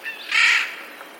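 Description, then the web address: Eurasian jay giving a single loud, hoarse screech, a short rasping burst after a faint softer note. Recorded 11 April 2021; labelled as a warning call. "wroblowe ostrzegator sojka 11 04 2021"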